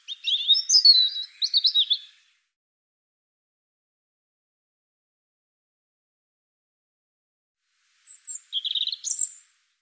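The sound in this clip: European robin song: a trickling phrase of high, varied notes, about six seconds of silence, then a second, shorter phrase.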